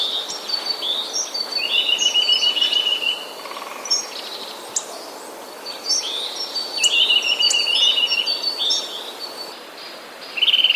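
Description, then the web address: Eurasian nuthatch song: rapid trilled phrases around mid-high pitch, given in bursts, with other high chirping birds overlapping throughout. "wroblowe kolekcja kowalik"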